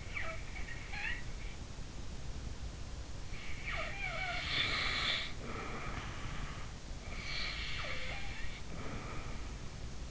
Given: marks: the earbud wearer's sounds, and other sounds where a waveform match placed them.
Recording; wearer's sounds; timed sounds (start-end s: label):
sounds in sleep by an in-ear microphone; snoring breath
0.00-1.31 s: snoring breath
3.66-6.85 s: snoring breath
7.00-10.11 s: snoring breath